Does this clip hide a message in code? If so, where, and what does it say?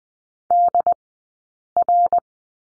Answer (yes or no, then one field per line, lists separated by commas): yes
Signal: Morse code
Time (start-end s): 0.5-2.2 s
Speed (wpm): 20 wpm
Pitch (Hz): 700 Hz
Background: none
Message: DR